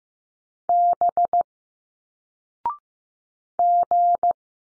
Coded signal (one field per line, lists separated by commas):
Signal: Morse code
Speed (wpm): 15 wpm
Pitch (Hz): 700 Hz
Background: none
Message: B G